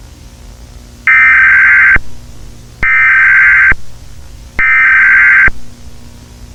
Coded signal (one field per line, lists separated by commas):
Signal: Emergency Alert System (SAME) tones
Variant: header bursts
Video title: Nickelodeon - Emergency Alert System - [2013]